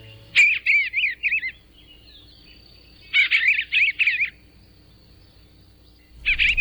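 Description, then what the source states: Eastern Bluebird song: warbled phrases of several quick notes, given in three bursts roughly every three seconds, with a faint steady hum beneath. Song described as a delightful warble.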